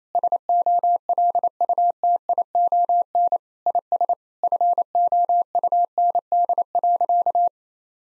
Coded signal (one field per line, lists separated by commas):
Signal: Morse code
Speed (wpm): 27 wpm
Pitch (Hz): 700 Hz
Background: none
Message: SOLUTION IS FOUND.